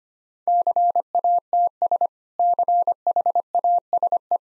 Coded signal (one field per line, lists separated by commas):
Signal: Morse code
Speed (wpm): 25 wpm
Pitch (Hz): 700 Hz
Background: none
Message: CATS CHASE